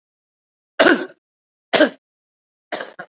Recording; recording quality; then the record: heavy voluntary cough; excellent, no background noise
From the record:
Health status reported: COVID-19 positive, mild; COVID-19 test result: positive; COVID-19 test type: RT-PCR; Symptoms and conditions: fatigue, muscle pain, diarrhoea, hypertension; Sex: male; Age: 54 years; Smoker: no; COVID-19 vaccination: both doses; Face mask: worn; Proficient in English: no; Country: India